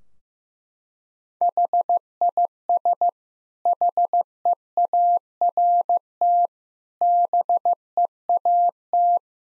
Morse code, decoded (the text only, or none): HIS HEART BEAT